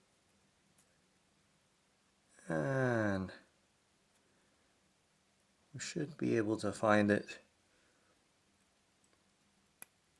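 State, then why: Seated. The spring bar of a metal mesh watch band is wiggled between the lugs of the watch head until its pin finds the lug hole, while someone talks. A single sharp click at 9.8 s marks the spring bar snapping into the lug hole and seating in place.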